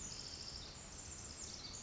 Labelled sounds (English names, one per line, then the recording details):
Pacific Wren
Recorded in Sonoma County, California